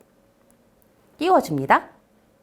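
A yellow pin wire is being pushed into the first slot of a plastic EP connector, but nothing has seated or clicked yet. Only faint background hum and a few tiny ticks are heard before someone talks from about 1.2 to 2.0 seconds.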